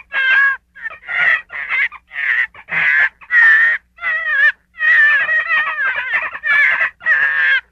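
Gray fox producing a string of hoarse, wavering yelps of varied length, grouped irregularly with brief silent breaks.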